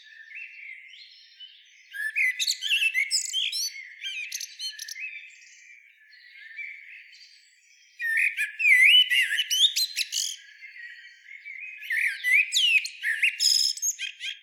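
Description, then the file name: Common blackbird singing in bursts of warbling notes and thin, high chattering twitters, with quieter pauses between phrases. "Turdus merula"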